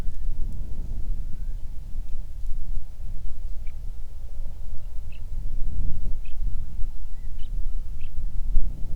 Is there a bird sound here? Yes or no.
yes